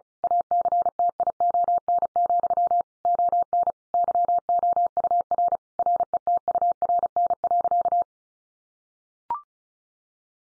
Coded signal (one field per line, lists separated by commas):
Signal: Morse code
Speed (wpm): 34 wpm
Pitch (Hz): 700 Hz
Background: none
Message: ACTION, ON YOUR RETURN.